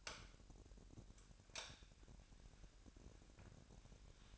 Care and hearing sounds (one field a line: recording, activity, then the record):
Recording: daily activity, microphone in the room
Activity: light on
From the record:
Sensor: 2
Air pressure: 1011.8 hPa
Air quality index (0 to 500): 214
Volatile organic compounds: 3 ppm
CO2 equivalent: 1505 ppm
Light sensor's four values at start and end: 12/27/12/12 and 17/45/19/19